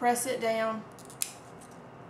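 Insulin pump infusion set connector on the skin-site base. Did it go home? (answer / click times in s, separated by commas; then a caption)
released / 1.2 s. Someone talks, then presses down on the clipped-in plastic insulin pump infusion set connector on the skin-site base. One sharp click is heard at 1.2 s, releasing the connector so it can be pulled out.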